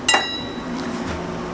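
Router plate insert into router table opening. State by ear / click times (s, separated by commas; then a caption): seated / 0.1 s. A keyed router lift plate insert, lined up by its two keys, is pressed into the router table opening and clicks into place at 0.1 s with a single sharp, bright clink. A quiet, steady background follows for the rest of the clip. The insert is seated and ready to be tightened down.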